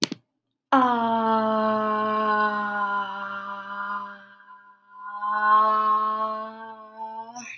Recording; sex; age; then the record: vowel held as long as possible; female; 20 to 29 years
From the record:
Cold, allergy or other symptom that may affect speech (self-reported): no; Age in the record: 25 years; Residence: California, United States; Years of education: 18